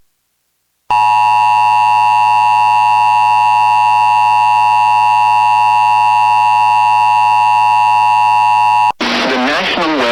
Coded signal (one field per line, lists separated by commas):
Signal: Emergency Alert System (SAME) tones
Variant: 853 and 960 Hz attention tone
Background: speech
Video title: EAS Texas Severe Thunderstorm Watch (5/10/26)